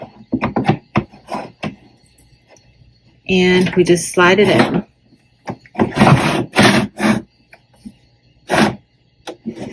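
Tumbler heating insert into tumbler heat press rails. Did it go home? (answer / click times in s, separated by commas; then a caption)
no / none. The heating insert for a 40 oz tumbler is being slid along the two rails of an HTVRONT A200 auto tumbler heat press, with a quick run of short knocks and taps in the first two seconds and a few more later. Someone talks in the middle. Nothing has clicked or seated yet.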